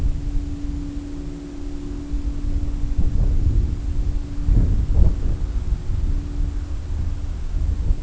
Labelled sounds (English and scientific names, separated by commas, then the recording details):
none
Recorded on Arctic tundra, site CORI-1, on 20 June 2018
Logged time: 20:00